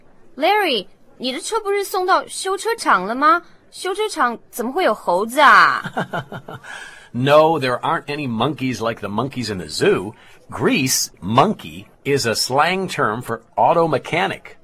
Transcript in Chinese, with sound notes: Larry，你的车不是送到修车厂了吗？修车厂怎么会有猴子呢？
(Laugh) No, there aren't any monkeys like the monkeys in the zoo. Grease monkey is a slang term for auto mechanic.